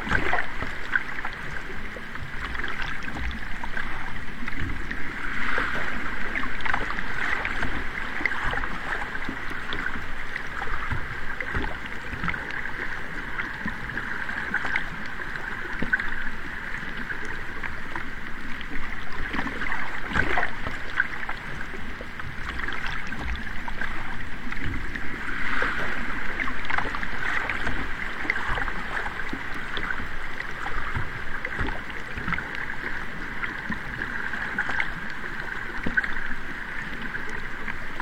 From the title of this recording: River Sound